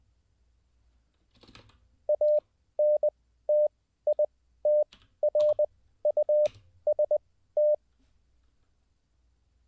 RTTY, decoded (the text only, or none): none